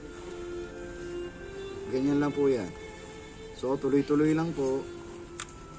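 During reassembly after cleaning, the slide of an airsoft pistol is being pushed back onto the frame along its groove. Someone talks over a steady background hum, and a brief sharp tap sounds near 5.4 seconds, but nothing has seated or clicked yet.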